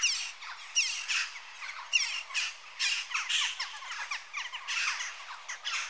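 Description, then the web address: Western jackdaw calls, many harsh squawking notes overlapping from several birds, a busy chattering flock. Adult birds. "BBC Sound Effects Library. Jackdaw (Corvus Monedula) Adults"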